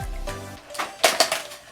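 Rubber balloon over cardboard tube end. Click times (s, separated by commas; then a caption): 1.0 s, 1.2 s. A stretched, cut rubber balloon is pulled tight over the open end of a cardboard toilet paper roll to make a popper. After a low rumble and some rustling, the rubber snaps onto the tube rim with sharp snaps at 1.0 s and 1.2 s, followed by a softer tap at 1.3 s. The balloon is seated over the rim.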